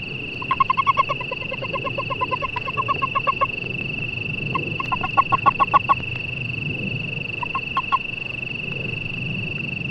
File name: Hot Creek Toad Calls